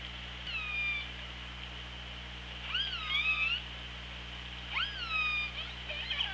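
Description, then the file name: Killer whale calls: several harmonic squeals that rise then dip, about two seconds apart, over constant low hum and background hiss. Recorded by OrcaLab hydrophone, 24 August 2017, at 16:26. "Orca Lab 20170824 162605"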